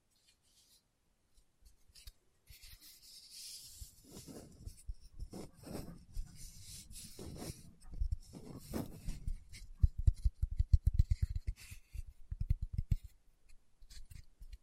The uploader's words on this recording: ASMR Tapping with Fingertips (No Talking).